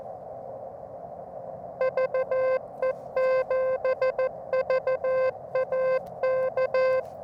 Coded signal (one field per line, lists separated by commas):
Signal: Morse code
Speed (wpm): 14 wpm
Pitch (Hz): 520 Hz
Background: music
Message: VE7VAK